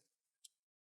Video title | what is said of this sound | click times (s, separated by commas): Hp Spectre Xt Pro C9k21 Clean and Repaste FULL Guide | just push it down, make sure you hear those clicks. | 0.4 s